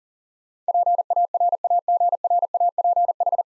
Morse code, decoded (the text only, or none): PARAGRAPH